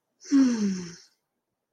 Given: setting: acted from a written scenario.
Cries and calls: vocal sound without words; romantic love

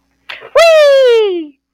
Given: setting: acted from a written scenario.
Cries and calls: vocal sound without words; positive surprise

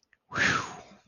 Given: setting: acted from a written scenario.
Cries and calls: vocal sound without words; relief

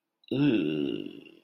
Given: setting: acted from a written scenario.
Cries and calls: vocal sound without words; disgust

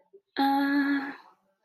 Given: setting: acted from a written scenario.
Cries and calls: vocal sound without words; distress

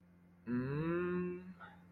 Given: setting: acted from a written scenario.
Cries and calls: vocal sound without words; embarrassment

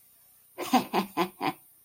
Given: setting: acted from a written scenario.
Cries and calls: vocal sound without words; amusement

